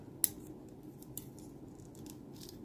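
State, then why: Seated. The plastic head of a MakeToys MTCD-03 Thunder Manus Divine Armor transforming action figure is pulled straight up out of the torso at the neck joint. A sharp click sounds at 0.2 s and a softer one at 1.2 s, followed by faint small ticks over a low hum. The head snaps into place in its raised position.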